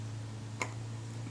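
On a Retina IIIc camera, a spring's hook is pushed behind a metal lever in the mechanism on the second try and snaps into place with a single sharp, distinct tick at 0.6 s over a steady low background hum. The hook is now seated correctly behind the lever.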